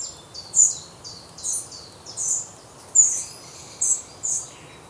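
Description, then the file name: Eurasian wren with a brief run of sharp, very high tick calls, six or seven notes in quick uneven succession, over soft background noise. "Troglodytes troglodytes"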